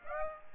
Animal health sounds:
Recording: mosquito wingbeat signal from an infrared sensor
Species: Aedes aegypti

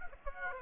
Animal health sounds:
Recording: mosquito wingbeat signal from an infrared sensor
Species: Aedes aegypti

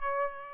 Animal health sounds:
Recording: mosquito wingbeat signal from an infrared sensor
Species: Aedes aegypti

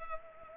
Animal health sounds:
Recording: mosquito wingbeat signal from an infrared sensor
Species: Culex pipiens

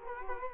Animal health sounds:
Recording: mosquito wingbeat signal from an infrared sensor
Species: Culex quinquefasciatus

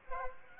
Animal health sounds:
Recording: mosquito wingbeat signal from an infrared sensor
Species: Aedes aegypti

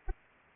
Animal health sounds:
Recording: mosquito wingbeat signal from an infrared sensor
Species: Anopheles arabiensis

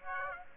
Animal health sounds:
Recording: mosquito wingbeat signal from an infrared sensor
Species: Aedes aegypti

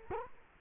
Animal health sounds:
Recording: mosquito wingbeat signal from an infrared sensor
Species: Culex quinquefasciatus

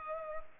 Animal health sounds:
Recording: mosquito wingbeat signal from an infrared sensor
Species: Culex pipiens

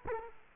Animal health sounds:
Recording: mosquito wingbeat signal from an infrared sensor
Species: Culex quinquefasciatus

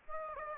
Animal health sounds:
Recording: mosquito wingbeat signal from an infrared sensor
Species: Aedes aegypti

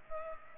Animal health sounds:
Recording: mosquito wingbeat signal from an infrared sensor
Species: Culex pipiens

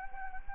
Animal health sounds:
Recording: mosquito wingbeat signal from an infrared sensor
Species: Anopheles gambiae

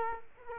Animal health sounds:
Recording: mosquito wingbeat signal from an infrared sensor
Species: Culex quinquefasciatus

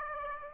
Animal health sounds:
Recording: mosquito wingbeat signal from an infrared sensor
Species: Aedes aegypti

